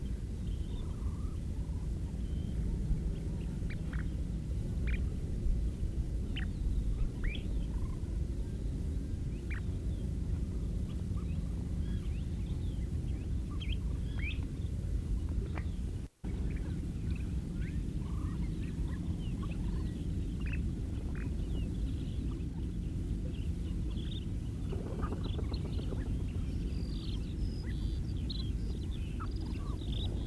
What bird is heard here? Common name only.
Kentish Plover